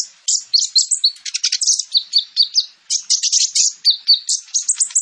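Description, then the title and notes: Sunbird song: a fast, unbroken stream of sharp, high chirps and squeaky notes, varied and chattering throughout. Kolibri ninja singing constantly (gacor) with full fills and shots (isian dan tembakan); used as bait to lure birds. "MASTERAN KOLIBRI NINJA FULL ISIAN DAN TEMBAKAN COCOK BUAT PANCINGAN. Suara Burung Kolibri Ninja Gacor"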